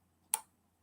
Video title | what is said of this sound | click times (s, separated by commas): new sword | you hear a click | 0.3 s